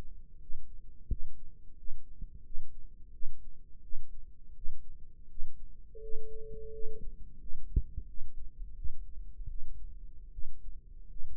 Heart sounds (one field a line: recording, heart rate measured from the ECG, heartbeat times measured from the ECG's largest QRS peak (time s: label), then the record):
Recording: heart sounds by microphone in the left ear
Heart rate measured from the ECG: 84 bpm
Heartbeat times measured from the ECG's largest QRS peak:
0.40 s: heartbeat
1.08 s: heartbeat
1.76 s: heartbeat
2.43 s: heartbeat
3.12 s: heartbeat
3.82 s: heartbeat
4.54 s: heartbeat
5.28 s: heartbeat
6.01 s: heartbeat
6.72 s: heartbeat
7.39 s: heartbeat
8.07 s: heartbeat
8.76 s: heartbeat
9.49 s: heartbeat
10.32 s: heartbeat
11.10 s: heartbeat
From the record:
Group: healthy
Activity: rest 0-9 s, breath hold 9-11 s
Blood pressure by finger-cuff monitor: 130/85 mmHg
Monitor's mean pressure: 99 mmHg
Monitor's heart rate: 87 bpm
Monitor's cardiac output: 6 L/min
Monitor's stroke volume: 69 mL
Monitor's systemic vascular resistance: 1220 dyn s/cm5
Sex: female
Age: 37 years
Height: 168 cm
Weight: 70 kg